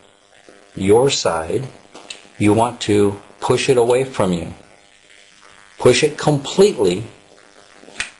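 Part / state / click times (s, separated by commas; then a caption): loading mechanism lever in a DVD drive / seated / 8.0 s. Someone talks while a knife blade pushes the internal lever of a stuck DVD drive in an XBV442 fully away, until the plastic loading mechanism rises to the top. A sharp click is heard at 8.0 s as the loading mechanism lever seats into place.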